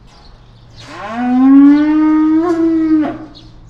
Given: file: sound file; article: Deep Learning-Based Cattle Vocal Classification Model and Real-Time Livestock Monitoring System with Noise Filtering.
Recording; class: cattle; estrus call